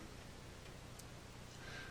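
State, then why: Seated. An internal part is pressed home while reassembling a vintage Korg MS20 synthesizer, refitted into its chassis after the parts are carefully lined up. Against a steady low hum and faint rustle, a single faint click at 1.0 s marks the part locking into place.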